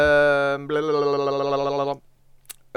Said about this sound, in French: Bah écoute, j'ai vu que t'as rejeté ton portable. J'ai jeté mon portable parce qu'il vibre. Alors que vraiment, éteindre le vibreur aurait été plus simple, mais vas-y.